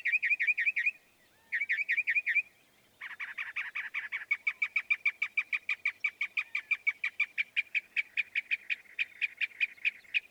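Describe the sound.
Northern mockingbird song: short bursts of rapid chattering notes separated by pauses, then a long, fast, even series of clicking notes.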